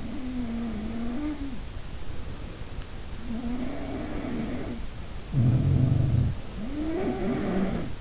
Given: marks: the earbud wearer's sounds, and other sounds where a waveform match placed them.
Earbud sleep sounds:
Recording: sounds in sleep by an in-ear microphone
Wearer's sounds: breath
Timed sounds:
0.00-6.25 s: sound from someone else or the room
1.49-3.46 s: breath
6.54-8.01 s: sound from someone else or the room

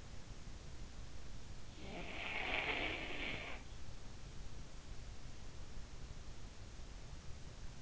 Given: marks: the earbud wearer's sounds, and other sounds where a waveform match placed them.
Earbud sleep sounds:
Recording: sounds in sleep by an in-ear microphone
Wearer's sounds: snoring breath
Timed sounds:
1.12-4.09 s: snoring breath

